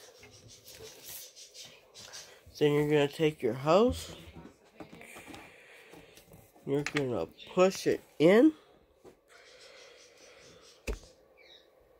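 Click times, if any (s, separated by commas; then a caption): 10.9 s. Someone talks while the hose end is pushed into the inlet port of a Vacmaster 4-gallon 3 HP shop vacuum. A short, sharp click is heard at 10.9 s as the hose locks into place.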